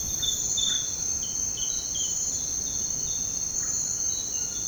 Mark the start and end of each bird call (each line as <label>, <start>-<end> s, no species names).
bird call, 0.00-2.38 s
bird call, 3.45-4.68 s